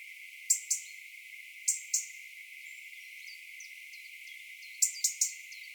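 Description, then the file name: European robin making short snapping tick calls in pairs and a closing triplet, with faint high, thin whistled notes in the background. "Erithacus rubecula"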